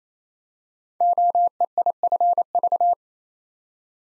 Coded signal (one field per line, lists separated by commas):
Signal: Morse code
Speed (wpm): 29 wpm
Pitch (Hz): 700 Hz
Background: none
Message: OEIFV